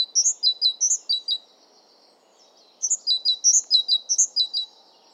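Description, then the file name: Great tit singing rhythmic high-pitched phrases, a high note followed by lower ones, in two fast bursts separated by a pause of over a second. "Great Tit Parus major"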